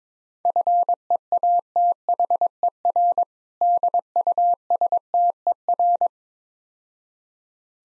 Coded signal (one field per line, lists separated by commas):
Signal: Morse code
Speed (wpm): 22 wpm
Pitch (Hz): 700 Hz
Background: none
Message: FEATHER DUSTER